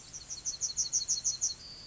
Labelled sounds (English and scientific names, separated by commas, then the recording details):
Yellowhammer (Emberiza citrinella) song
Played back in grassland
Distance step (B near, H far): E
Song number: 040